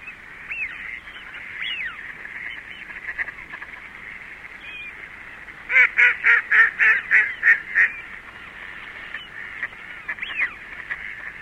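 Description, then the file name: Mallard quacking: a quick burst of about ten loud, evenly spaced nasal quacks midway, with softer scattered calls and squeaks before and after. "De Wilde Eend"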